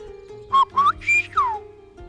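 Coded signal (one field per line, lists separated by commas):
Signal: whistled language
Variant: Silbo Gomero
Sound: four quick whistled syllables with rising and falling pitch glides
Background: low steady hum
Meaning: Names the animal crocodile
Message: cocodrilo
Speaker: un animal como dijo el cocodrilo pues sabemos nos da una pista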